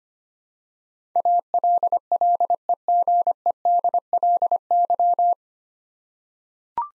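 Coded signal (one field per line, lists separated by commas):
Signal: Morse code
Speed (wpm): 25 wpm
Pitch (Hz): 700 Hz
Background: none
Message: ALLEGEDLY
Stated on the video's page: Morse head-copy practice of nine-letter words at 25 wpm; each word is sent, spoken, then sent again.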